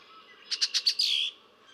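Red-winged blackbird song, four quick clipped notes leading into a buzzy trill, over a soft background of birds.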